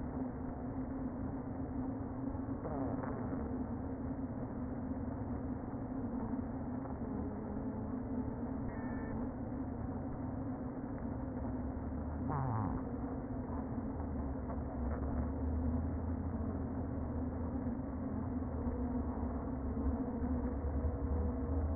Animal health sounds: honeybee colony, microphone inside the hive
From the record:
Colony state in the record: queen present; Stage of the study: before two queens were removed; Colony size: about 60,000 bees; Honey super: yes

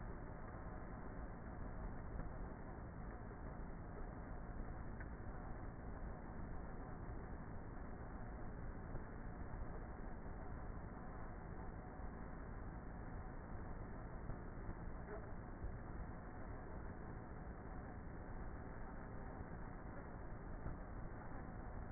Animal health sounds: honeybee colony, microphone inside the hive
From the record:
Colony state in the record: queenless with a low population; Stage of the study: before two queens were removed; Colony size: about 30,000 bees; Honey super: no

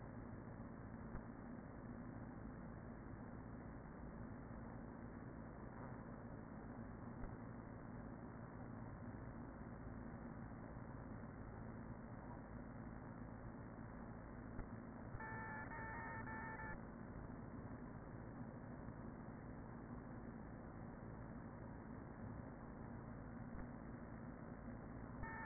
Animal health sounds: honeybee colony, microphone inside the hive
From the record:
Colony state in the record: queen present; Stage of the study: after two queens were removed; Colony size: about 40,000 bees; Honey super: no

